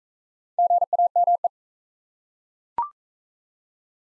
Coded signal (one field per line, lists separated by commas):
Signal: Morse code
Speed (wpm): 40 wpm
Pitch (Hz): 700 Hz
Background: none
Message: GAME